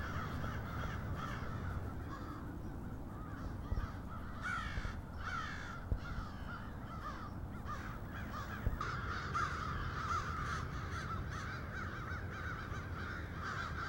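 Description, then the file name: Crows give a continuous mass of harsh caws, several birds calling at once, with a few louder calls standing out over low background rumble. "multi-cinci crows"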